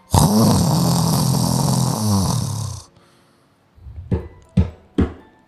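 One long, loud, rattling low snore imitated by an adult, likened to the sound of a ship's propeller, followed by three brief sharp sounds.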